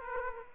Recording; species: mosquito wingbeat signal from an infrared sensor; Aedes aegypti